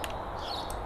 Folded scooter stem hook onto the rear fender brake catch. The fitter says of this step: clips into place